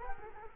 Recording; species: mosquito wingbeat signal from an infrared sensor; Culex quinquefasciatus